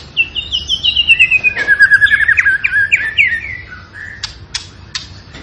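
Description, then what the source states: Tembakan bird song: a rapid chain of bright whistled notes sliding gradually downward, then a few sharp ticks. Cage bird training recording (masteran) of a Tembakan bird in energetic, frequent singing form (gacor).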